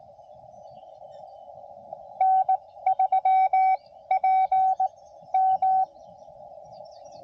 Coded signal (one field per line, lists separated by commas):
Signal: Morse code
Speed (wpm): 18 wpm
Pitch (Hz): 760 Hz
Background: none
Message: N 3 P M